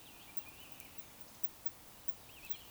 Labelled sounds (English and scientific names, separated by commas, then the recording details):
Eurasian Woodcock (Scolopax rusticola) whistle
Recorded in Baden-Württemberg, Germany, on 11 June 2021 at 19:54 UTC
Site 24608, 624 m above sea level